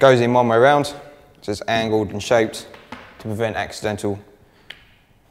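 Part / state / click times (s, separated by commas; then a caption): keyed charger plug into dive battery pack socket / seated / 4.7 s. A keyed, angled charger plug, shaped to fit only one way round to prevent reversed polarity, is pushed into the battery pack socket of a Metalsub KL1242 LED cable light dive torch while someone talks. At 4.7 s a single sharp tick is heard as the plug locks into place, seated.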